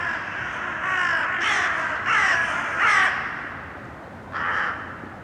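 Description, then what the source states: Crow caws, loud and grating, in a quick burst of four, then a pause and one more, with low background noise. Urban crows.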